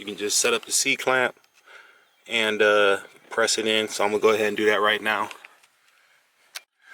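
Someone talks as a new window roller wheel is lined up and pressed with a C-clamp into the window track or regulator of a GM B-body car door. After a short quiet stretch, a single sharp hit at 6.6 s marks the roller seating into the track.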